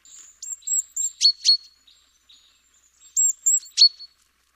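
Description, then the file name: Great tit calls: thin, high curling notes followed by sharp, ringing notes, the phrase given twice with a pause between. "Parus major"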